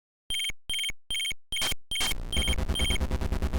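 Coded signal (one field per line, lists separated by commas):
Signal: none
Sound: game sound effects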